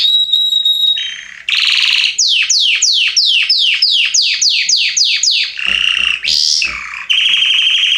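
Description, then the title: Belgian canary singing a long run of rapid, evenly spaced, sharply descending chirps, framed by short whistled and buzzy phrases. Male Belgian canary named Salsa singing very strongly and a lot; used to warm up young birds. "Esquente Seu Filhote E Canario Belga Em 30 Minutos Macho Cantando Muito. Canrio Belga Salsa cantando muito forte"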